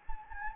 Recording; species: mosquito wingbeat signal from an infrared sensor; Anopheles gambiae